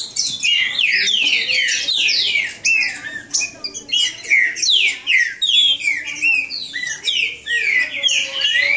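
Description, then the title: Green-winged saltator song: loud, busy whistled phrases of slurred notes, repeated in quick bursts with short gaps, plus a faint lower hum. Bird named Nicão singing in the woods, in a song contest with a free wild bird. "Trinca Ferro NICÃ O No Mato Disputando Com Solto"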